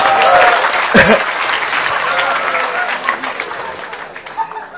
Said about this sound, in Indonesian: Oke, tepuk tangan